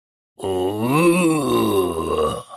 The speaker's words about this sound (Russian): Подстегнул ее вопль твари вдали.